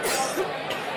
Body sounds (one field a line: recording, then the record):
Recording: coughing mixed with background sound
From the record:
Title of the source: 34 coughing up crap again